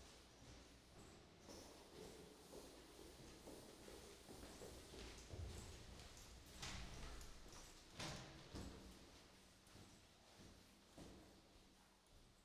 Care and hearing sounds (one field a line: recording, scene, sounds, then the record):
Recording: everyday scene through a hearing-aid microphone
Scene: reverberant space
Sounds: background noise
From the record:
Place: staircase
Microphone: in the ear canal, right